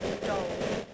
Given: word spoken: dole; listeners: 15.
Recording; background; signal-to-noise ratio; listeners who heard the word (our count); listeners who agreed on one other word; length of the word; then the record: one English word in noise, from a listening test; noise modulated by three-talker babble; -3.3 dB; 3 of 15; 10 of 15; 0.54 s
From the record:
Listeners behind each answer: 10, 3, 2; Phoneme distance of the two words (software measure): 10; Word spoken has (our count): 1 syllable, 3 phonemes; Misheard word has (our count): 1 syllable, 3 phonemes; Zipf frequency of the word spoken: 3.57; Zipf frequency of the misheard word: 4.07